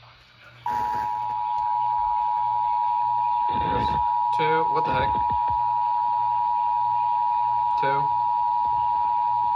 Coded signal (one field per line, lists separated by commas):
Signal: Emergency Alert System (SAME) tones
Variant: 853 and 960 Hz attention tone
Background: speech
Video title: Land of the Floods - EAS Alerts from 8/12/24 - 8/19/24 (EAS #1261 - 1279)